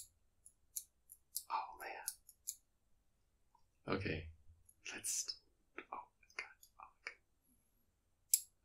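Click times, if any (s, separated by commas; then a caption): 8.3 s. Someone works the focusing ring and infinity-lock tab on a metal Light Lens Lab replica (V1LC) of the Leica 35mm Summicron v1 8-element rangefinder lens, producing a series of small ticks and clicks while they talk. The loudest click comes at 8.3 s, when the focus ring's infinity lock seats into place.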